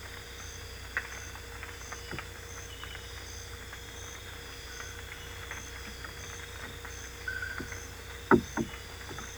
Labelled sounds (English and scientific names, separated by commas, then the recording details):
none
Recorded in dense forest near Puerto Asís, Putumayo, Colombia, on 22 December 2024 at 22:00
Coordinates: 0.486, -76.317
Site G003